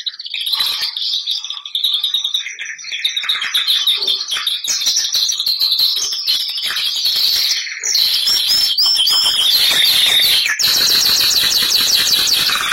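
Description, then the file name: Bernois canary: canary song, an unbroken stream of high warbles, rattling trills and chattering notes that grows louder and denser toward the end. "canto do canario bernois"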